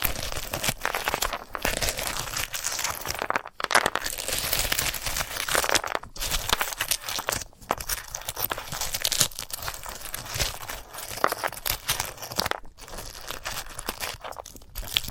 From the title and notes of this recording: ASMR of a Sunflower Head (No Talking).